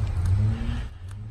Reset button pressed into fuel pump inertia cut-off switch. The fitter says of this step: And you can feel it push down inside there, and it'll almost click.